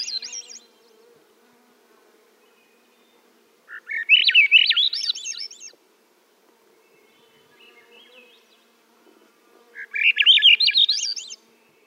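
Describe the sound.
Swainson's thrush song: after the tail of a first phrase, two breezy, flute-like phrases spiral rapidly upward, each lasting nearly two seconds, with soft, quieter notes in the pauses between them.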